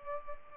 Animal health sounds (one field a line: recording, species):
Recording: mosquito wingbeat signal from an infrared sensor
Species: Culex pipiens